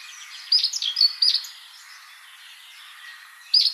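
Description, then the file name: Great tit calls, one short volley of bright chirping notes, a pause with faint background noise, then a fresh burst starting right at the end. "Parus major"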